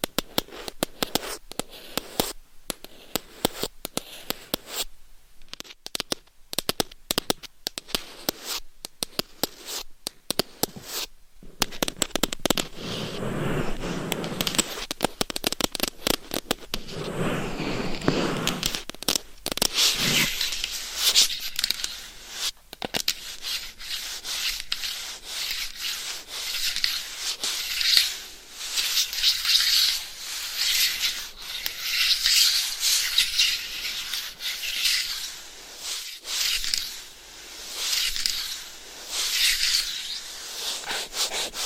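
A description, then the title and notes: Crisp scratching and tapping of claws on a microphone, with sharp irregular clicks early, then denser, brighter continuous scratching after twenty seconds. ASMR Binaural Dummy Head Mic Scratching & Tapping with Claws 100% Tingles - ASMR No Talking.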